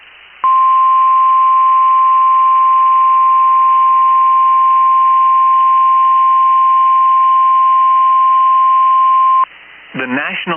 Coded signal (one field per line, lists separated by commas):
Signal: Emergency Alert System (SAME) tones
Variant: 1050 Hz attention tone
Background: speech